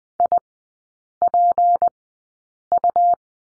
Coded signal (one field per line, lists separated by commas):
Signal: Morse code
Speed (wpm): 20 wpm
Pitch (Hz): 700 Hz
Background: none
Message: IPU